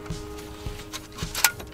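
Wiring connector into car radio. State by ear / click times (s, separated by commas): seated / 1.4 s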